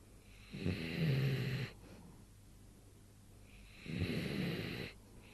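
Two long, low rumbling snores about three seconds apart, with quiet breathing between, from Morris, a sleeping animal.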